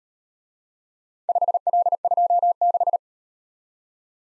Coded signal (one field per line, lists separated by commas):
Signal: Morse code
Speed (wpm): 37 wpm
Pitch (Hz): 700 Hz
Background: none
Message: 5L26